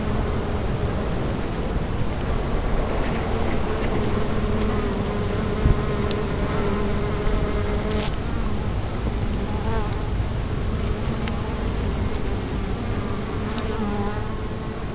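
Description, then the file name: Bees produce a constant humming buzz with shifting, overlapping tones, plus one brief thump partway through. "abeilles"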